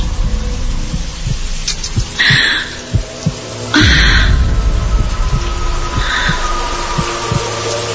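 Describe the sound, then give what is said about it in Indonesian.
The narrator's own heart pounds fast: a heartbeat of steady, low, muffled thumps repeating at a quick, regular pace, with a few swelling bursts of hiss and a low rumble over it. No one speaks. “Jantungku mulai berdegup kencang.”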